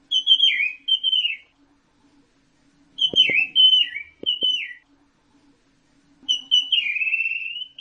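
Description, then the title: Orange-headed thrush singing whistled phrases that slur downward, three bursts with silent gaps, plus a few sharp clicks in the middle. "Burung Anis Merah"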